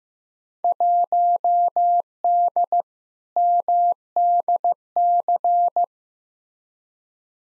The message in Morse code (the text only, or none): 1D MDC